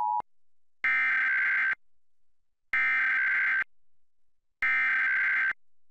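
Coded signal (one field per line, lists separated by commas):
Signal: Emergency Alert System (SAME) tones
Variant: header bursts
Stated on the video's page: National EAS test aired on a TV station, recorded on satellite TV.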